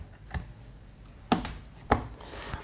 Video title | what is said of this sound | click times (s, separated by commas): HOW TO BUILD A PC - age of empires - PC BUILD GUIDE DETAILED METHOD -free fire- fortnite | you will hear a double click sound which means that this RAM is properly locked. | 1.3 s, 1.9 s